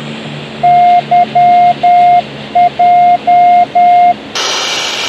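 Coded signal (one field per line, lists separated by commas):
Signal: Morse code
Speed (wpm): 10 wpm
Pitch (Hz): 710 Hz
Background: none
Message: YJ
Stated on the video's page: Signal received on a tin can magnetic loop antenna covering about 88 to 180 MHz.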